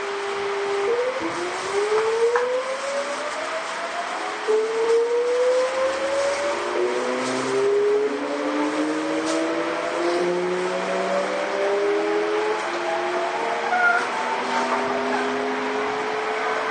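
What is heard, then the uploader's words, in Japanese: A Sotetsu 7000 series train accelerating, its motor whine rising steadily in pitch as several layered tones climb from about the first second to the end. A constant rushing rumble runs underneath, with occasional faint clicks and squeaks. 相鉄新7000系 海老名〜横浜。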